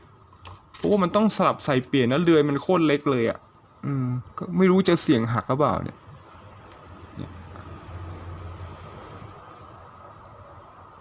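A small plastic hair piece is being handled for pressing into the head of a buildable action figure, replacing the original hair that is pried off. Someone talks over faint handling noises and a few light taps, with worry that the tiny part might break. Nothing has seated or clicked yet.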